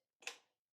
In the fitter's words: the tab, lock it in, that's it, that's the device installed.